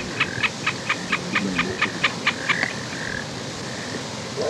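Snipe: a rapid series of short, evenly pitched notes, then a few drawn-out, fainter notes, over a constant background noise.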